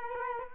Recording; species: mosquito wingbeat signal from an infrared sensor; Culex quinquefasciatus